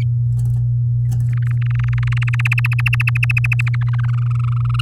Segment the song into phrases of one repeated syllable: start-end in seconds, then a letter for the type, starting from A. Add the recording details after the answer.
1.32-2.14 A, 2.17-3.75 B, 3.81-4.81 C. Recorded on 6 May 2018 at 06:09. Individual llb16